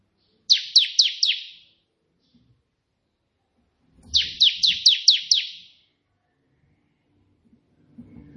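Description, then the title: Prinia song: a quick run of four sharp, downslurred chips, then a pause and a longer run of six, with faint low thumps in the background. A white prenjak singing three variations of the 'tembakan' song style, suitable as tutor song for training pet prenjak. "3 VARIASI TEMBAKAN prenjak putih ini COCOK untuk masteran prenjak anda"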